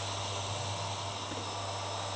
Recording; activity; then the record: daily activity, microphone in the room; vacuum cleaning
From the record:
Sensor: 3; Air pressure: 1007.7 hPa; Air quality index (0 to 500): 49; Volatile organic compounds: 1 ppm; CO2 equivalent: 576 ppm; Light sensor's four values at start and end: 10/23/9/10 and 10/23/10/10